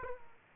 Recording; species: mosquito wingbeat signal from an infrared sensor; Aedes aegypti